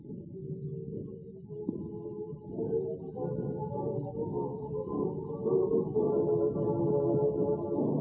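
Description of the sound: Heavily muffled orchestral music, a Fifth Symphony, with only low sustained notes, picked up inside a pregnant woman's uterus: the outside world as a fetus hears it in the womb. The inner ear is in place from the fourth month, and by six months the fetus reacts to music, as seen on ultrasound.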